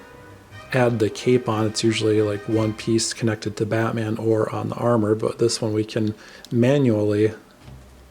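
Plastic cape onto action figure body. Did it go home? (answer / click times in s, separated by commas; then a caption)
no / none. A separate plastic cape is fitted by hand onto a Batman action figure's body, where it will snap on. Someone talks throughout the clip, and faint background music plays. The cape is handled but not yet in place; nothing has seated or clicked yet.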